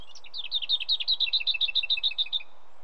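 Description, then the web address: Lesser whitethroat rattling song: a fast, even series of many dry, high notes lasting about two seconds. "BBC Sound Effects Library. Lesser Whitethroat"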